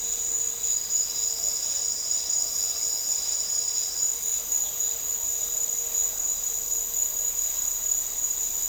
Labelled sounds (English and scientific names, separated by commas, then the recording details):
none
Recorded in dense forest near Puerto Asís, Putumayo, Colombia, on 4 March 2025 at 09:00
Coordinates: 0.467, -76.328
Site G041